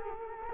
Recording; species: mosquito wingbeat signal from an infrared sensor; Culex quinquefasciatus